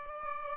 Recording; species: mosquito wingbeat signal from an infrared sensor; Aedes albopictus